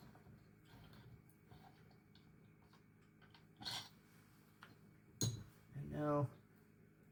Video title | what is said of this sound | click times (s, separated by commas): How to possibly create a career as a locksmith learn the basics of rekeying. | And now it's clicked into place. | 5.2 s